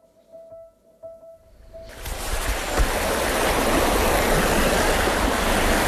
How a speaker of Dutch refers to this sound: Je ziet dat hier het water kolkt door de straten. Er staat enorme druk op deze waterstroom naar dat deel van het dorp. Een wat lager gelegen deel van het dorp.